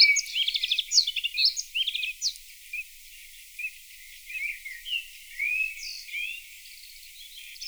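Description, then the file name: Bluethroat song, a varied jumble of high chirps, trills and twangy notes in quick bursts, pausing midway before resuming with buzzy phrases. Played back. "Blaahals"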